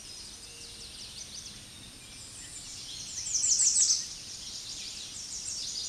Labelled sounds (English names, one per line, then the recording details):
American Redstart song
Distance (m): 15 m
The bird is about 5 m above the microphone
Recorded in a Pennsylvania forest on 16 May 2024 at 07:40
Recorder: AudioMoth, point MSD-2027
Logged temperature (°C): 15.6 °C
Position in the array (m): 116 m, 230 m